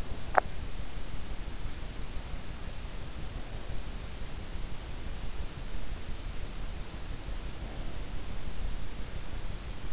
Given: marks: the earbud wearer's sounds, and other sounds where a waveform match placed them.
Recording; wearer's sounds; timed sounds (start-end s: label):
sounds in sleep by an in-ear microphone; teeth grinding
0.00-0.90 s: teeth grinding